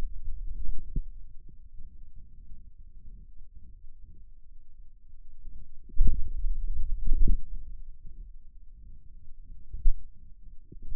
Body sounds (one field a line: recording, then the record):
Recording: forearm muscle sounds (acoustic myography)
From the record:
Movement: finger pinch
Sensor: system 2, bracelet of six BSWA MPA416 microphones around the upper forearm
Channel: 2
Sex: male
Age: 22 years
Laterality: right